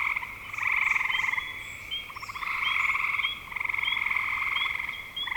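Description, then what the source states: Frogs trilling in rattling bursts, with quick higher chirping notes slipping in between the bouts. Frogs recorded in spring 2025.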